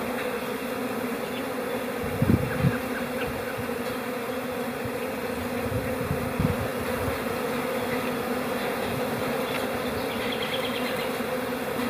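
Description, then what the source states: Honey bee: steady droning hum of many honey bees, with occasional louder buzzes of single bees and faint thin bird notes toward the end. Hive chatter in April; a robin also chimes in.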